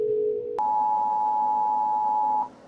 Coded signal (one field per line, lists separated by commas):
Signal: Emergency Alert System (SAME) tones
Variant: 853 and 960 Hz attention tone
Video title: YTP EAS Tom Has a Mental Breakdown over the ENDEC 2